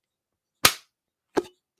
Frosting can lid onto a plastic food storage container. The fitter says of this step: you'd think that I would have found this out a long time ago but and then you can even hear it snap into place